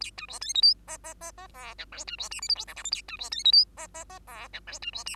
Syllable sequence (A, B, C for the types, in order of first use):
A B C D E F G G G G H I J B C K L M N O P Q A B C D E F G G G H I J B C K